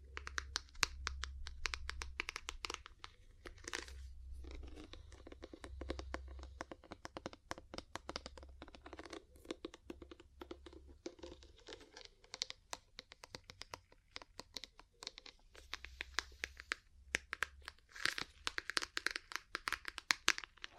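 Ear cleaning and massage sounds: dense, rapid crinkling and scratching clicks fill the clip, bright and crackly, with quieter stretches around four and sixteen seconds. A low muffled rumble pulses underneath in bursts through the first half and again near seventeen seconds.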